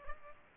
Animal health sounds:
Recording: mosquito wingbeat signal from an infrared sensor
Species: Culex pipiens

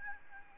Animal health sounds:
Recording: mosquito wingbeat signal from an infrared sensor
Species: Aedes albopictus

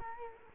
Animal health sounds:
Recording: mosquito wingbeat signal from an infrared sensor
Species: Culex quinquefasciatus

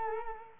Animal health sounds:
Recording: mosquito wingbeat signal from an infrared sensor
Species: Culex quinquefasciatus

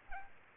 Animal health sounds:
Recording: mosquito wingbeat signal from an infrared sensor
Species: Aedes aegypti

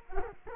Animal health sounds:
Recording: mosquito wingbeat signal from an infrared sensor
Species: Culex quinquefasciatus

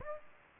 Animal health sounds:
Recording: mosquito wingbeat signal from an infrared sensor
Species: Aedes aegypti

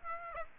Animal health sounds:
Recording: mosquito wingbeat signal from an infrared sensor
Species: Aedes aegypti

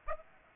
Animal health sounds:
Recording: mosquito wingbeat signal from an infrared sensor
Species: Aedes aegypti

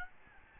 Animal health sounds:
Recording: mosquito wingbeat signal from an infrared sensor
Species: Aedes albopictus

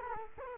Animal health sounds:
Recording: mosquito wingbeat signal from an infrared sensor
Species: Culex quinquefasciatus

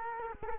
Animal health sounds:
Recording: mosquito wingbeat signal from an infrared sensor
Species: Culex quinquefasciatus

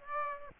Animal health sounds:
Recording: mosquito wingbeat signal from an infrared sensor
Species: Aedes aegypti

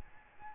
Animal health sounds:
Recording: mosquito wingbeat signal from an infrared sensor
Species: Aedes albopictus

